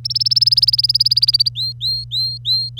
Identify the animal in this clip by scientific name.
Serinus canaria